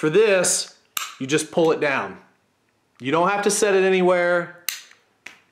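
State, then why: Released. Someone talks while pulling the steel trigger guard of a CZ 82 pistol down, with no need to prop it anywhere, to unlock the slide for takedown. A sharp metallic click is heard at 4.7 s as the trigger guard clicks down, followed by a fainter tick, and the guard is released for disassembly.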